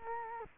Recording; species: mosquito wingbeat signal from an infrared sensor; Culex quinquefasciatus